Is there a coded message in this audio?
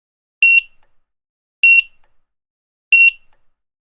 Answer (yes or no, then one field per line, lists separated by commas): no